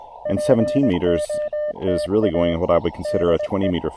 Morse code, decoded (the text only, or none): POTAEDE